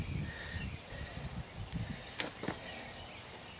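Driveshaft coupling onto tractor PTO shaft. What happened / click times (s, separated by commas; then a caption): The driveshaft coupling snapped into place on the shaft / 2.2 s. The driveshaft coupling of a Ford 515 sickle bar mower is slid into the groove on the tractor PTO shaft and pushed down. Over a low, steady background, a soft knock at 1.7 s leads to one sharp click at 2.2 s, followed by a lighter knock at 2.4 s. The coupling is seated in place.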